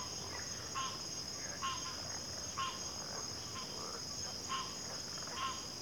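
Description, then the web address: Cricket chorus holding a continuous high-pitched shimmer, while lower chirping calls come about once a second over it. Cricket chorus recorded at a backwater. "WLL Grade 1-12 Pre-Uni Library Enter Natures Songs Sleep Sounds of Nature CRICKETS 03 Backwater Chorus"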